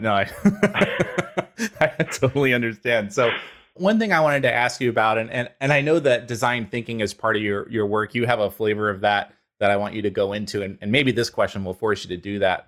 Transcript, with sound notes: No, I [laugh] totally understand. So, one thing I wanted to ask you about, and I know that design thinking as part of your work, you have a flavor of that that I want you to go into, and maybe this question will force you to do that.